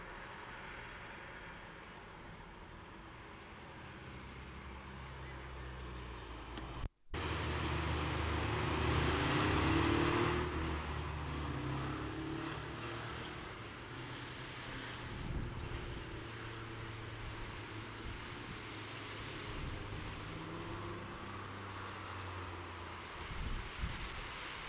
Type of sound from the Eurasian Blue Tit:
song